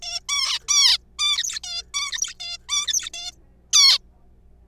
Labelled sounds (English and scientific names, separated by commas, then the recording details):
Zebra Finch (Taeniopygia guttata)
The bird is a juvenile
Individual R3428